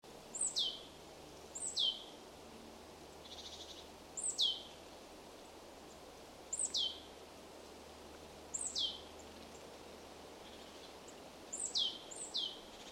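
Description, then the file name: Marsh tit giving several clear, piercing calls, each a fast downward slide from very high pitch, at irregular intervals, some followed by faint buzzy sounds. "Poecile palustris"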